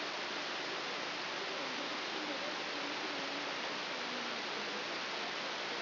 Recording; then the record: brain microelectrode recording played as sound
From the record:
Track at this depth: inside the subthalamic nucleus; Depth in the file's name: 4.201 mm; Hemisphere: right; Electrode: 3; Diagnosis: Parkinson's disease